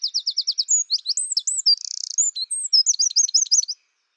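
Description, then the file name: Eurasian wren song: a loud, high rapid trill of repeated notes, then quick whistled phrases, a dense buzzy rattle and a final run of sharp notes. "Troglodytes troglodytes"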